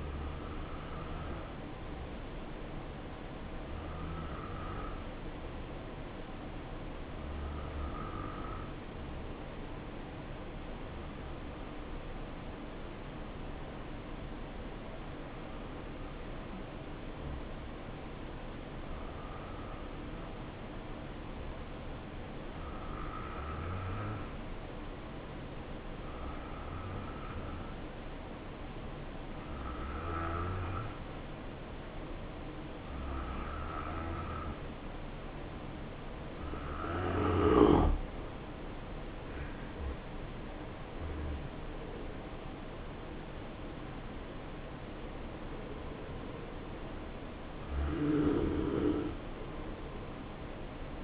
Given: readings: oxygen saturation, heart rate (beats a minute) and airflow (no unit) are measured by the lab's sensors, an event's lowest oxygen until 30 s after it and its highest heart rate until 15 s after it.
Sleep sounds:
breathing in sleep by a voice recorder at the bedside; 1
3.00-39.00 s: hypopnea (N2, oxygen 93% highest, then 89% lowest, heart rate 65 at the start, 68 highest)
29.00-51.04 s: new sleep stage, N1 (lightest sleep)
From the record:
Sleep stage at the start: N2 (light sleep); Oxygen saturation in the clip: 92 to 93%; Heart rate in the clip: 59 to 68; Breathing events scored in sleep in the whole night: 277 in 7.4 hours asleep

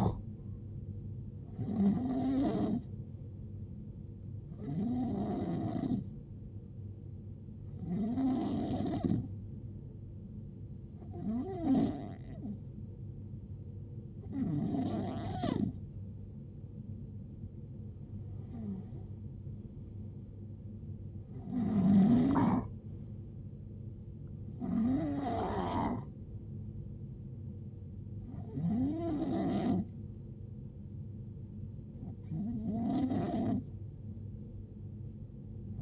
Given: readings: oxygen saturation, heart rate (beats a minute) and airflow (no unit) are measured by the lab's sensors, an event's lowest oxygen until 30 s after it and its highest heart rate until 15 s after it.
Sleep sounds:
breathing in sleep by a smartphone at the bedside; 1
3.00-18.40 s: hypopnea (N2, oxygen 90% highest, then 89% lowest, heart rate 75 at the start, 78 highest)
From the record:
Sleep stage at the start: N2 (light sleep); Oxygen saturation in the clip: 90 to 91%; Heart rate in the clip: 61 to 78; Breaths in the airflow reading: 12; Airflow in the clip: -11.2 to 9.0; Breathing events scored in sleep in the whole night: 389 in 6.3 hours asleep

